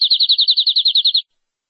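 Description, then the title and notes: Canary song: one quick trill of about a dozen clipped high notes, lasting just over a second, then silence. "BM Suara Kenari. BM Suara Burung Kenari"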